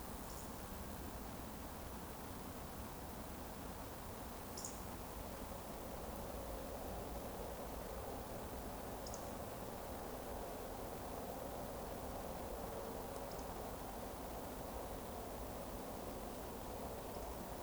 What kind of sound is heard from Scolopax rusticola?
whistle